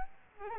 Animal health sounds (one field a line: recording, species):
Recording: mosquito wingbeat signal from an infrared sensor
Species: Aedes albopictus